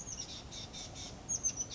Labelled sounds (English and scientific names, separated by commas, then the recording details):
Oak Titmouse (Baeolophus inornatus)
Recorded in Sonoma County, California